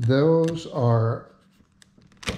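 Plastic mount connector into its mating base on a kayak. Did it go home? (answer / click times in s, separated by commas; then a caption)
yes / 1.8 s. Someone talks, then a made-up plastic mounting connector attaching a trolling motor speed control box to a kayak is pressed down into its mating base. A small sharp click at 1.8 s shows it seating, followed by a few fainter ticks around 2.0–2.2 s. The connector clicks in and is seated.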